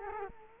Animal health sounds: mosquito wingbeat signal from an infrared sensor; Culex quinquefasciatus

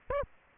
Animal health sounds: mosquito wingbeat signal from an infrared sensor; Aedes aegypti

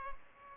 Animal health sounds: mosquito wingbeat signal from an infrared sensor; Culex pipiens

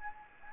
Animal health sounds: mosquito wingbeat signal from an infrared sensor; Anopheles gambiae

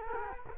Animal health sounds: mosquito wingbeat signal from an infrared sensor; Culex quinquefasciatus

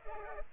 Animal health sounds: mosquito wingbeat signal from an infrared sensor; Culex pipiens

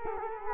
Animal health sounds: mosquito wingbeat signal from an infrared sensor; Culex quinquefasciatus

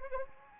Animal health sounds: mosquito wingbeat signal from an infrared sensor; Anopheles arabiensis

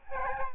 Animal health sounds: mosquito wingbeat signal from an infrared sensor; Aedes albopictus

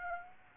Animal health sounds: mosquito wingbeat signal from an infrared sensor; Aedes aegypti

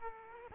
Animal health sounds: mosquito wingbeat signal from an infrared sensor; Aedes aegypti

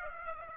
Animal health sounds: mosquito wingbeat signal from an infrared sensor; Aedes aegypti

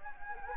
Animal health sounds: mosquito wingbeat signal from an infrared sensor; Anopheles gambiae

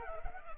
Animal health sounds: mosquito wingbeat signal from an infrared sensor; Culex pipiens

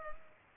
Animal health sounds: mosquito wingbeat signal from an infrared sensor; Culex pipiens

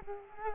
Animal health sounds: mosquito wingbeat signal from an infrared sensor; Culex quinquefasciatus

